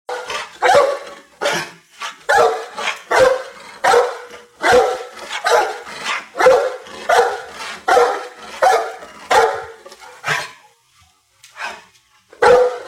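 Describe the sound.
Dog barking in quick, sharp barks, roughly one or two per second, in irregular bursts with a brief pause near the end.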